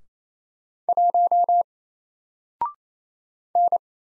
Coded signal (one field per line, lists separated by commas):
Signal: Morse code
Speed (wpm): 27 wpm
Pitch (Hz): 700 Hz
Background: none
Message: 1 N